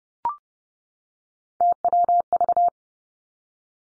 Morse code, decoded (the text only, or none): TWV